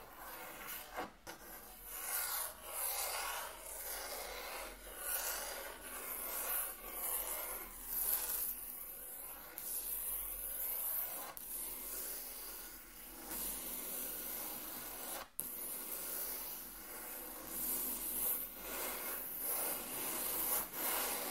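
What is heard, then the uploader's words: Something is traced hard across a table surface, a steady dry rubbing and scraping that rises and falls in strokes roughly every second or so. The texture is bright and gritty, like sanding wood, with two sharp knocks near one and fifteen seconds. Intense Table Tracing (No Talking).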